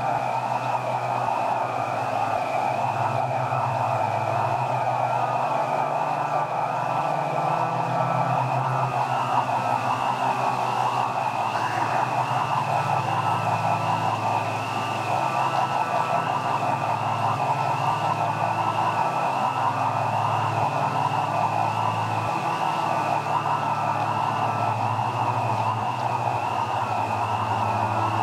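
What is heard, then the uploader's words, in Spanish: Frogs and insects call together at dusk, a dense, unbroken chorus with a steady high trill above and throbbing low croaks shifting beneath. La calle por la orilla del arroyo cabana, la canela y el patio de la casa, las ranas y los insectos todos a la tardecita noche.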